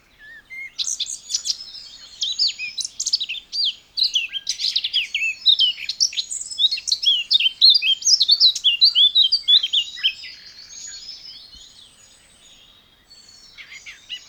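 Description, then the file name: Eurasian blackcap song: after a soft opening note, a lively, complex warbling of quick chirps and trills flows for roughly ten seconds, then fades to faint scattered notes. "Sylvia atricapilla"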